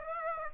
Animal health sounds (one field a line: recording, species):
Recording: mosquito wingbeat signal from an infrared sensor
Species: Aedes aegypti